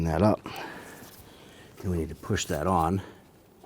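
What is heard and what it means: A plastic electrical connector near the front strut of a 2007-2014 Cadillac Escalade is lined up with its mating socket, ready to be pushed on. Someone talks throughout, and nothing has seated or clicked yet.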